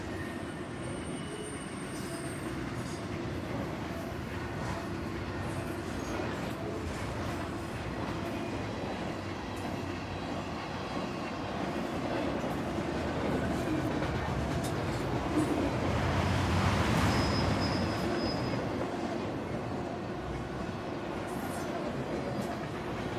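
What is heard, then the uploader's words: A long freight train rolls past, a dense, steady low rumble of cars and wheels that holds for the whole stretch. The rumble swells and grows brighter around the middle, with brief high wheel squeals near the start and around seventeen seconds. A long freight train recorded in Columbia Hills State Park, Washington, right on the Columbia Gorge. The trains here are frequent, long, running at full speed. This train was recorded at with a tight mid-side pattern, hoping to get come good clatter. Mid: MKH8060 side: MKH30 recorder: SD702. Freight train - Columbia Hills State Park.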